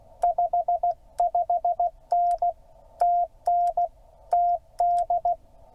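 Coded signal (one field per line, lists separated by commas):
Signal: Morse code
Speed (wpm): 16 wpm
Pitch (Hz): 700 Hz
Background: none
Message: 55N TN TD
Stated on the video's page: Morse from a park activation (POTA) at Haynes Bottom, Tennessee, run on a 12 V battery with RG-316 coax.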